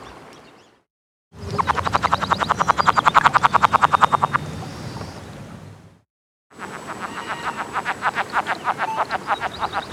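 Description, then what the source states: Cascades frog giving fast pulsed clucking runs, a long burst then a second series after a brief silent break. Encounter calls.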